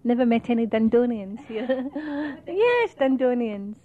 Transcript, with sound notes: I never met any Dundonians, (both laugh) yes Dundonians.